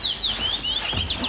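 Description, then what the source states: Common Rosefinch song, a short run of clear slurred whistles gliding up and down, ending in two quick falling notes. Heard quite close during a 24-hour bird count at Glommers träsk, first species of a shift; song rendered as 'nice to meet you'.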